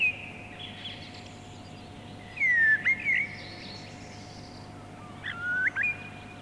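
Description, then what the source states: Mistle Thrush singing brief whistled phrases separated by pauses. Field recording from Finland, released 1988 on cassette.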